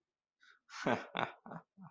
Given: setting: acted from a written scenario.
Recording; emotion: vocal sound without words; contempt